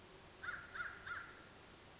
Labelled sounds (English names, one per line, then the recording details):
American Crow
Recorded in Sonoma County, California